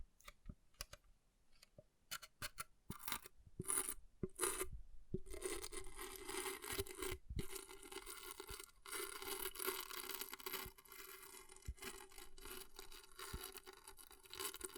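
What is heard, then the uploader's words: Scratching on an object, starting as scattered sharp scrapes and clicks over the first five seconds, then settling into a dense, continuous rasping that runs to the end. The scraping is bright and gritty, with a steady mid-pitched tone underneath and occasional brief gaps. ASMR Brain Melting Object Scratching (No Talking).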